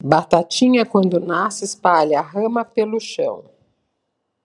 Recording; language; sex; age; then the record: short text; Brazilian Portuguese; female; 60 to 69 years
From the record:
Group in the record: control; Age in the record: 61 years